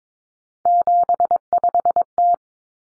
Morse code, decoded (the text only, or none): 75T